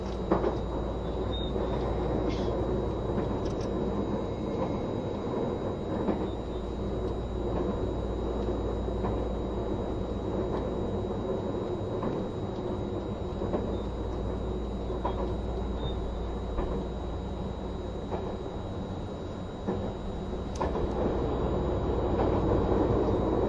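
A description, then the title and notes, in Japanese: Running noise from inside a moving vehicle, most likely a train, holds steady throughout with a dense low rumble and a constant deep drone. Faint clicks and brief knocks recur irregularly, with a slightly sharper jolt near twenty seconds. HC85系 ひだ04号02 下呂～美濃太田。2022年07月よりデビューした、シリーズハイブリッド方式の車両であるHC85系”ひだ04号”を収録したものです。エンジン音とモーター音のバランスを考慮して1号車9Dで収録を行いましたが、双方共に非常に静粛性に優れており僅かな音しか出ておりません。走行音。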